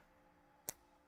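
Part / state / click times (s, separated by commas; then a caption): printed plastic part into filament changer housing / seated / 0.7 s. A 3D-printed ABS part, lined up with its slot on the LDO Box Turtle automated filament changer unit, is pressed in and seats with one sharp, bright click at 0.7 s. The snap rises about 41 dB above a quiet background. The part is seated firmly with a really good, satisfying snap.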